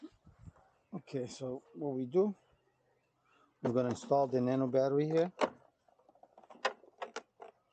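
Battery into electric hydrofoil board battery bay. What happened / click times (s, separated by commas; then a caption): The battery is being handled but has not yet seated / none. Someone talks while fitting a compact Nano battery into the battery bay of an electric hydrofoil board. Several short mechanical knocks follow, including a sharp one at about 6.7 s. The battery has not clicked into place or seated yet.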